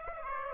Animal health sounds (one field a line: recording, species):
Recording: mosquito wingbeat signal from an infrared sensor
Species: Aedes aegypti